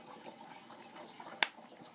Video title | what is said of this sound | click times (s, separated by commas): ダイワ17タトゥーラSVTW③組立て(後編)-ベイトリール分解メンテナンス方法-ひろ坊バス釣りHirobouFishing-reel maintenance-Daiwa TATULA SVTW- | パチッとしまったので目地を3ヶ所留めたいと思います | 1.4 s